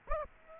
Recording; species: mosquito wingbeat signal from an infrared sensor; Aedes aegypti